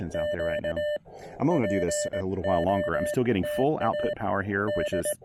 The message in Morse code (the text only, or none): Q POTA D